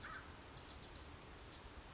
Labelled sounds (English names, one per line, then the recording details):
Bewick's Wren
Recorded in Sonoma County, California